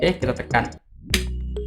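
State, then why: Seated. A second DDR3 memory stick is pressed into a motherboard DIMM slot one side at a time while someone talks. After a brief quiet pause, the side retention latch snaps shut with a loud, sharp, ringing click at 1.1 s, seating the module, followed by a fainter tick near 1.6 s.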